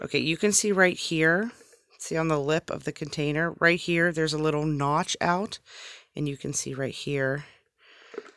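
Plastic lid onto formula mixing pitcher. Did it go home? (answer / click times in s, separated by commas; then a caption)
yes / 8.2 s. A plastic lid is lined up with the notch on the lip of a Dr. Brown's formula mixing pitcher and pressed down while someone talks. It snaps on at 8.2 s with a short, sharp click, seating the lid.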